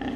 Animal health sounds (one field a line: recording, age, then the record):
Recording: pig call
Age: growing-finishing pig (85 days or more)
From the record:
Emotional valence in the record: negative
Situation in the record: barren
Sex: female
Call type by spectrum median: low-frequency call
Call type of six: low-frequency tonal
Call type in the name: low-frequency stable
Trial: 3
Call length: 0.15 s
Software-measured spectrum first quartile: 255 Hz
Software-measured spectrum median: 426 Hz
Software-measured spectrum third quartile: 1143 Hz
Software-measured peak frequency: 265 Hz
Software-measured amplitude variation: 85 dB a second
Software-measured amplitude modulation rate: 9.8 a second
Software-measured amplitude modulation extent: 8.7 dB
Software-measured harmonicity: 3.2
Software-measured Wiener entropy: -1.22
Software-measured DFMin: 505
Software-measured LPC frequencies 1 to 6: 1809, 2755, 3216, 4787, 5591, 6422 Hz